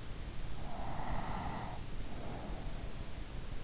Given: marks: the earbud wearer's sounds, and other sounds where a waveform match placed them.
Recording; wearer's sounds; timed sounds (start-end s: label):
sounds in sleep by an in-ear microphone; breath
0.28-3.08 s: breath